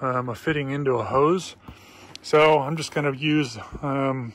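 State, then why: Not seated. A man talks while handling a 3/8 inch mandrel and a push-lock hose fitting assembly tool, before the mandrel is fitted into the tool jaw. Only speech is heard, and nothing has seated or clicked yet.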